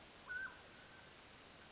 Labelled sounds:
Mountain Quail
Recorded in Sonoma County, California

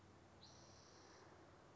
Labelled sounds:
Spotted Towhee
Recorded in Sonoma County, California

